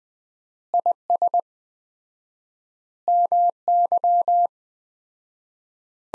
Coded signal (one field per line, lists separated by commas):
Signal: Morse code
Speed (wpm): 20 wpm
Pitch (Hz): 700 Hz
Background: none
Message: IS MY